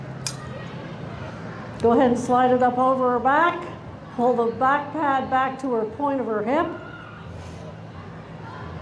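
A metal quick hitch coupler joins a harness horse's shaft to the harness and clicks shut at 0.3 seconds with a sharp, short hit, showing the horse is hitched. After that, someone talks.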